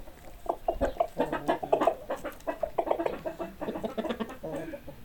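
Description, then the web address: Chickens give quick, choppy clucks in close succession, overlapping notes forming a busy, continuous chatter. "hobokenchicken animals chickens"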